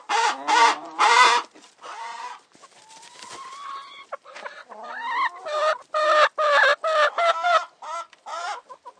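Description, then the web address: Chickens clucking and squawking, several birds calling in loud harmonic bursts with rising squeals and rapid cackles, brief quiet gaps between calls. Recorded in a chicken coop. "SFXSource Chicken Coop 2"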